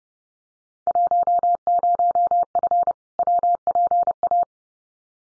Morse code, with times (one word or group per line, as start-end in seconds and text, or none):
0.9-2.9 10F
3.2-4.4 WPA